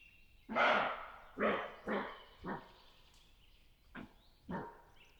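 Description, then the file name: Roe deer barking, six hoarse, broad barks in about five seconds, the first ones loudest. "Chevreuil"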